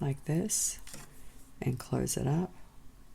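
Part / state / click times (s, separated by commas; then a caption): metal jump ring closing on a necklace end / not seated / none. A metal jump ring is handled with pliers on the end of a beaded necklace while someone talks, with faint soft handling sounds underneath. Nothing has snapped closed or seated yet; the clip ends just before the ring ends meet with the little snap that signals a good-quality ring that has closed well.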